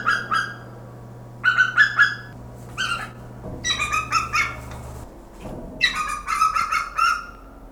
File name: Aquila verreauxii -- Verreauxs Eagle